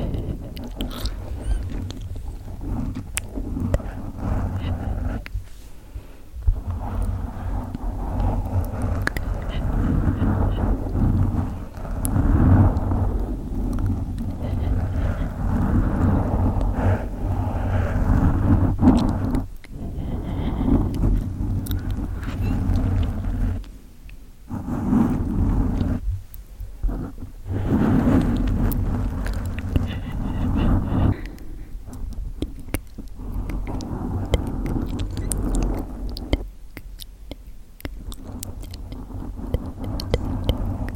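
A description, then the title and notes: Mic scratching and gentle mouth sounds run continuous for the whole stretch, a low, dense rustle and rub with soft clicks scattered through. Brief pauses near 6, 20, 24, 26 and 37 seconds break the otherwise steady, muffled scraping. ASMR Mic Scratching & Gentle Mouth Sounds.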